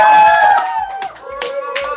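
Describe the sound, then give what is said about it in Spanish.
Brief applause for Sneak, a store in León, during a live radio broadcast: four or five distinct hand claps at an uneven pace, set against a steady, held tonal sound that fades as the clapping goes on. “un aplauso, por favor, para Sneak.”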